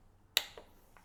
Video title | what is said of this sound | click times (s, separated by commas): BMW E36 M3 engine refresh complete - Project Dakar: Episode 10 | Ooh, that's got a nice click. | 0.4 s